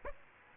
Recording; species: mosquito wingbeat signal from an infrared sensor; Aedes aegypti